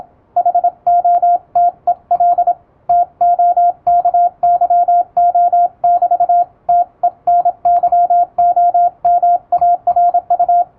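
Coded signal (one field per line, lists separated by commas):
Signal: Morse code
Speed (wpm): 26 wpm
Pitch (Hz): 700 Hz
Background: radio noise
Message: HOTEL TOKYO <BT> TENYOMARU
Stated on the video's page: Morse sent with an electronic keyer at high speed, practice text from an English-language telegram practice book, sent by a first-class radiotelegraph operator.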